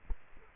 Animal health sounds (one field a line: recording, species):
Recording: mosquito wingbeat signal from an infrared sensor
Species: Culex quinquefasciatus